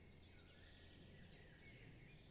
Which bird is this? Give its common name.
Common Chiffchaff